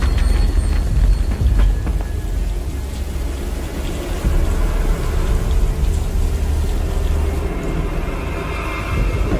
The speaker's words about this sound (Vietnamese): Cơn mưa càng lúc càng tợn.